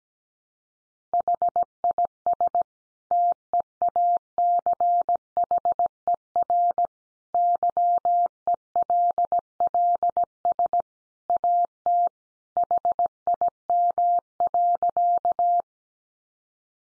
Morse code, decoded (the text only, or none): HIS TEACHER YELLS AT HIM.